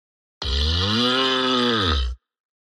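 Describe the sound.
Cow mooing: one long, deep, steady moo lasting nearly two seconds, its pitch rising slightly and then falling away at the end.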